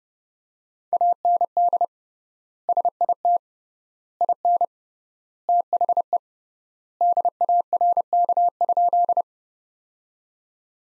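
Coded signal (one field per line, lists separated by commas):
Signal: Morse code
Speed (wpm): 31 wpm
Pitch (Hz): 700 Hz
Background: none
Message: AND SIT IN THE DARK?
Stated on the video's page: Morse practice sentences from the top 500 words at 30 wpm with 3x word spacing, a Farnsworth-like method.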